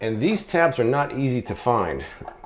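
A toilet paper roll is handled at a plastic camera-shaped dispenser, being lined up with its hard-to-find side tabs, while someone talks throughout. The roll has not yet snapped onto the tabs, and nothing has seated or clicked yet.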